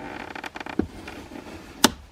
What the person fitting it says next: Once you hear that click or whenever it stops, you can pull it out.